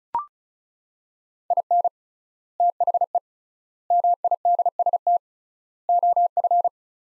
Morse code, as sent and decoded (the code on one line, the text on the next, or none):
.. -. / - .... . / -- .. -.. ... - / --- ..-.
IN THE MIDST OF